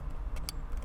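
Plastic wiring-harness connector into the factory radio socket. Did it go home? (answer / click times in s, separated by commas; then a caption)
yes / 0.5 s. The plastic male end of an amplifier wiring harness, with a black 10-pin connector, is plugged back into the factory radio of a Toyota Crown, gray to gray and white to white, during an amp and sub install. Over a steady low rumble, one short sharp click sounds at 0.5 s as the connector seats in the factory radio socket.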